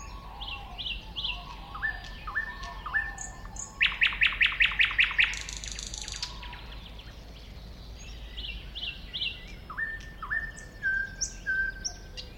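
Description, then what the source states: Thrush nightingale song: repeated whistled notes, then a loud run of clicking, rattling strokes and a brief buzz, followed by more whistles. Recorded at a woodland edge next to a lake, 2001.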